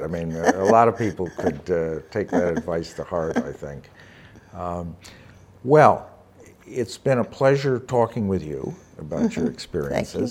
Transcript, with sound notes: I mean, there are a lot of people who could take that advice to heart, I think. (laughs) Well, it's been a pleasure talking with you about your experiences.